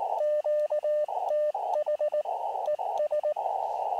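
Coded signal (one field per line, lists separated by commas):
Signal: Morse code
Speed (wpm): 19 wpm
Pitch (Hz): 600 Hz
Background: radio noise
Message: QTH ES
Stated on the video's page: QRP CW contacts from a lakeside campsite on an Elecraft KX2 with an end-fed antenna in a tree.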